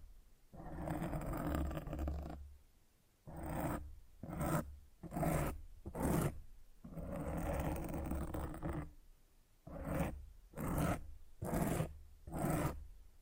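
Mic scratching in a repeating pattern: a long, rough rubbing stroke lasting about two seconds, then a run of short, sharp scrapes with brief silences between them. The cycle plays twice. The strokes are gritty and full, with a heavy low rumble under them.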